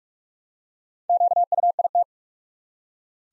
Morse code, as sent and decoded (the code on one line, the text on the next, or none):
--.- ..- .. -
QUIT